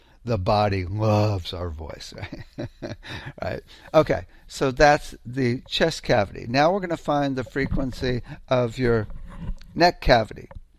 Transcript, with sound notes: The body loves our voice, right? (laughs) Right? Okay. So, that's the chest cavity. Now we're gonna find the frequency of your neck cavity.